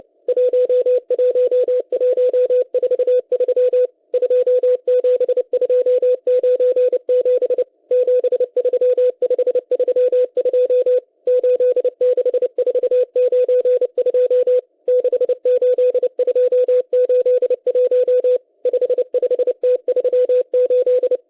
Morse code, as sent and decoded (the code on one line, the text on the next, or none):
.---- .---- .---- ....- ...-- / ..--- --... ..--- ----. --... / --... ...-- ..... ...-- ..--- / ---.. -.... ....- ----. ..--- / -.... ---.. ..--- ---.. .---- / ..... ..... - ...-- ---..
11143 27297 73532 86492 68281 55T38